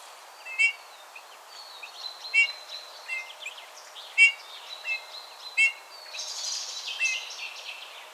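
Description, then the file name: Eurasian bullfinch calls: short whistled notes repeated at uneven intervals, with other songbirds chirping. "Pyrrhula pyrrhula"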